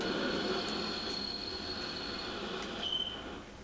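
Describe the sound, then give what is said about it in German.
A train slows to a halt in a freight station hall, its steady rumble fading while high metallic brake squeals ring out, one sharp screech near the end as the noise settles. No voices. “Was ist denn nun los? Der Zug hält ja schon wieder.”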